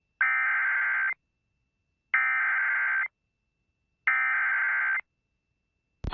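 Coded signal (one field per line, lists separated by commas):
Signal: Emergency Alert System (SAME) tones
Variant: header bursts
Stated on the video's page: Flash flood warning alert captured for Rawlins County, Kansas.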